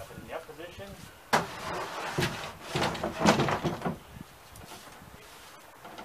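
Someone talks while the canopy (head) housing of a solar electric catamaran is handled and lowered toward its down position for transport, into its locking mount on the catamaran frame. Bursts of handling noise and knocks rise around 1.3 s and again between about 2.2 and 3.9 s, then quieter handling follows. Nothing has seated or locked into place yet.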